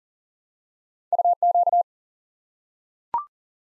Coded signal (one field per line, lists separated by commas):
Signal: Morse code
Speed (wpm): 40 wpm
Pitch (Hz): 700 Hz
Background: none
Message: UQ